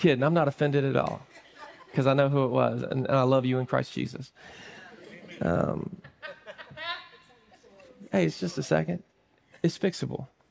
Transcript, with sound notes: I'm not offended at all because I know who it was and I love you in Christ Jesus. [laughter] hey, it's just a second. It's fixable.